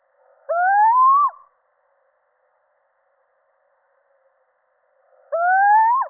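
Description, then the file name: Little owl repeating a mewing, upward-sliding hoot that breaks off with a quick drop; two calls separated by nearly four seconds of quiet. Male. "Sycek obecny samec"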